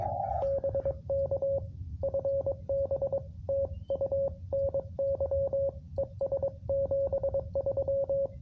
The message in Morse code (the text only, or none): BK FB TU NY ES 73